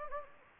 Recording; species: mosquito wingbeat signal from an infrared sensor; Anopheles gambiae